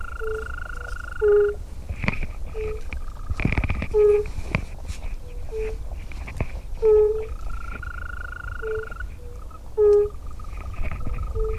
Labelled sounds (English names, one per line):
Fire-Bellied Toad call